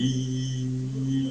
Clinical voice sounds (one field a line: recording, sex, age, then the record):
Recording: sustained vowel /i/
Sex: male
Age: 40 to 49 years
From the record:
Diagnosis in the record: healthy control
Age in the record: 43 years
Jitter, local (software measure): 1.43%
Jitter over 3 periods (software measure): 0.87%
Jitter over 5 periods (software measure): 0.76%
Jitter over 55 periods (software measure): 0.99%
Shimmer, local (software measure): 9.3%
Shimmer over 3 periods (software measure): 4.8%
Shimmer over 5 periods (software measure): 5.6%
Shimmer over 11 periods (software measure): 7.2%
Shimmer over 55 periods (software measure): 10.7%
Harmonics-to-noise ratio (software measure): 16.6 dB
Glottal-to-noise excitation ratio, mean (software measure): 0.86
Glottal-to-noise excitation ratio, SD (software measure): 0.032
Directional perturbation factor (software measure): 75.1%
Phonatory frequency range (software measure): 0.19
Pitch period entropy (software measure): 2.20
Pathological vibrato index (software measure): 0.00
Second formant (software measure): 3128 Hz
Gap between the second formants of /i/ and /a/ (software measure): 1991 Hz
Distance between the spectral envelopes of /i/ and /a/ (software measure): 9.9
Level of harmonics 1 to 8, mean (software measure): -5.7, -9.3, -27.6, -43.5, -50.2, -51.8, -55.2, -57.2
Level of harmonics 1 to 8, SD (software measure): 1.5, 4.8, 6.7, 6.4, 5.6, 5.6, 5.1, 6.1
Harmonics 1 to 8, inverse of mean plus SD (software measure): 0.139, 0.071, 0.029, 0.020, 0.018, 0.017, 0.017, 0.016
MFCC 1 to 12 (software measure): -1.6, 18.4, 3.5, 0.7, -8.2, -5.4, -7.1, -8.6, 6.4, -10.8, 5.1, -3.4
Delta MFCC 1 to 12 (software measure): 0.035, -0.073, -0.033, 0.001, 0.017, -0.060, 0.221, 0.090, -0.121, -0.004, -0.013, 0.005